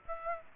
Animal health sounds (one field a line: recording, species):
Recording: mosquito wingbeat signal from an infrared sensor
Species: Aedes aegypti